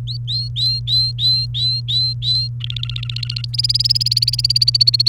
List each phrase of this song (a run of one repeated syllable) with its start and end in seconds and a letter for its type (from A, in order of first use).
0.07-2.48 A, 2.60-3.45 B, 3.53-5.09 C